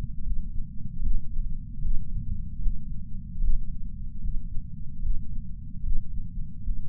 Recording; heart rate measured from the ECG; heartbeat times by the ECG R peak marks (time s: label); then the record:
heart sounds by patch sensor on the chest; 75 bpm
0.25 s: heartbeat
1.03 s: heartbeat
1.83 s: heartbeat
2.62 s: heartbeat
3.42 s: heartbeat
4.23 s: heartbeat
5.03 s: heartbeat
5.84 s: heartbeat
6.64 s: heartbeat
From the record:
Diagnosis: coronary artery disease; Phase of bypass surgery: preoperative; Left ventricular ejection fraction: 63%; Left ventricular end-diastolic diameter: 47 mm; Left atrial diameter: 37 mm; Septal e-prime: 4.5 cm/s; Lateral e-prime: 7.1 cm/s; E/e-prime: 8.6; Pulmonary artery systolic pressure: 20 mmHg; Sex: male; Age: 77 years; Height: 160 cm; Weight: 79.5 kg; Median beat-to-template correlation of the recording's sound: 0.81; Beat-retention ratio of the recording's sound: 0.99